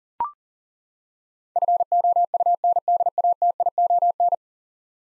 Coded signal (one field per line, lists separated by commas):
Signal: Morse code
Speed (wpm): 40 wpm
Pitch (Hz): 700 Hz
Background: none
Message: FOUNDATION